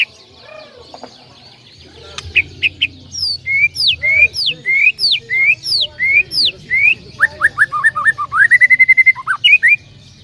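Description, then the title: Bird song of quick whistled notes, mostly slurred up and down, in varied repeated phrases that end in a rapid run of short notes; a low hum runs underneath. "Kicau Burung"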